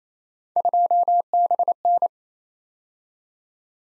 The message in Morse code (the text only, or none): 2BN